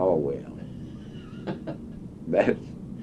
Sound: laughing

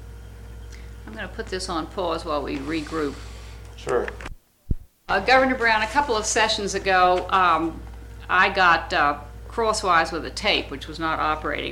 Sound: none

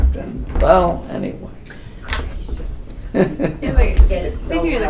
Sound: laughs

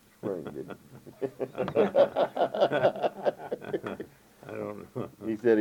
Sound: laughter

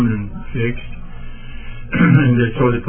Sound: clears throat

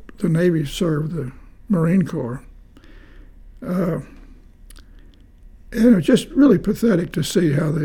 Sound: none

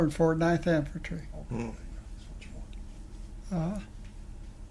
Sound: background whispers

